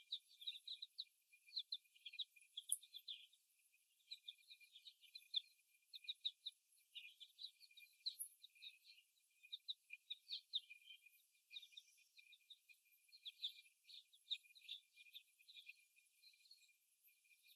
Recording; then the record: young laying hens in a cage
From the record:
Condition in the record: before the stressor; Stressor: simulated dog barking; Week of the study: 1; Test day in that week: 1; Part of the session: 1